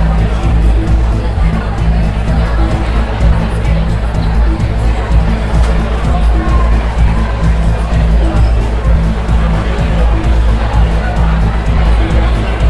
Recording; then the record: background sound without coughing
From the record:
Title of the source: Party Noise 1 Hour Party Ambience